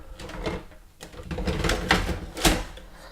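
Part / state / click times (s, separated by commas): drum and toner assembly into laser printer / seated / 1.9 s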